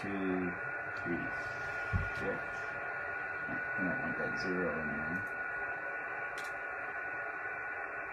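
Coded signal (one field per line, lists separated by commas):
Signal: FT8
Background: speech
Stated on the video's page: FT8 and FT4 signals on a Yaesu FT-991 during a first digital-mode session.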